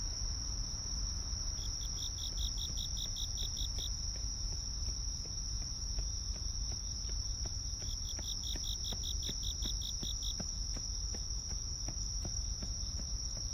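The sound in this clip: Crickets: a steady high continuous trill runs throughout, joined by two bursts of rapid pulsed chirping lasting about two to three seconds each, over low rumbling background noise and scattered clicks.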